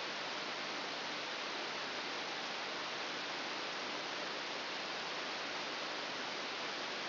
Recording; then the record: brain microelectrode recording played as sound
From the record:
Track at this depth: inside the subthalamic nucleus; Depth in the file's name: 1.806 mm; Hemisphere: right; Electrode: 3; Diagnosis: Parkinson's disease